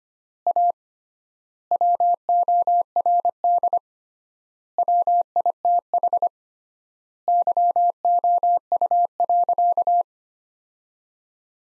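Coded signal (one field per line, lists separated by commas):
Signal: Morse code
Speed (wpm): 25 wpm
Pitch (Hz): 700 Hz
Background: none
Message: A WORD WITH YOU.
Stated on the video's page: Morse practice sentences from top 300 words at 25 wpm with 3x standard word spacing, a word-level analogue of Farnsworth spacing.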